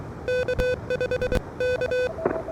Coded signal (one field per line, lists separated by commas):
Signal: Morse code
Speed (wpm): 23 wpm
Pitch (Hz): 2500 Hz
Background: none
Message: K5 K